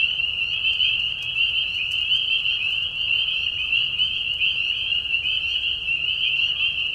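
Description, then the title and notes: Spring peepers in full chorus, overlapping high peeps forming a bright continuous whistle. Mating call of spring peepers, high whistles at low volume, in a marsh at night during a short spring season; Tiny Marsh Conservation Area, Tiny, Ontario. "Peeper frogs in the spring. This is a recording made of Peeper frogs in a marsh at night. This is a mating call that happens during a very short season in the Spring. The high whistles at a low volume. Recorded at the Tiny Marsh Conservation area in Tiny, Ontario. Recorded by Anton Pickard. Part of the Music for Sleep project"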